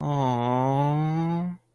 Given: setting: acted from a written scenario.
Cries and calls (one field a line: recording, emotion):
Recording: vocal sound without words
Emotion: sympathy